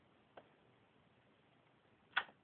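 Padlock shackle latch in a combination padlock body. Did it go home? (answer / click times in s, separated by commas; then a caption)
released / 2.2 s. A shim is pushed down the back of the shackle groove of a combination padlock, and the padlock shackle latch gives. A faint tick is heard at about 0.4 s, then the shackle pops open with a sharp click at 2.2 s. The shackle is released.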